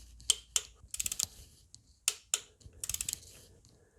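On a Volkswagen GTE with the Audi 1.4 TFSI engine, the coil pack bolts are tightened with a torque wrench set to 5 Nm. Sharp clicks from the wrench come in two pairs, at 0.3 s and 0.6 s, then at 2.1 s and 2.3 s, with softer rattling clicks in between. Each bolt reaches its 5 Nm torque.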